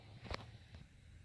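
A keyed plastic wiring connector for the ambient lighting on a passenger front door is pushed fully into its door harness socket and gives one sharp, short click at 0.3 s over a low, steady background rumble. The connector is then tugged to check it stays in, confirming it is seated.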